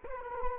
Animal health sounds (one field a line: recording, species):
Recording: mosquito wingbeat signal from an infrared sensor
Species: Culex quinquefasciatus